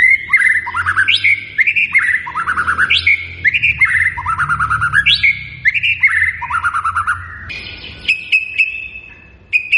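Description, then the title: White-rumped shama song: a steady series of rising whistles alternating with fast rattling trills, closing with a few higher sustained whistled notes. Lure recording of an actively singing (gacor) bird, meant to make listening birds respond at once. "PANCINGAN MURAI BATU GACOR"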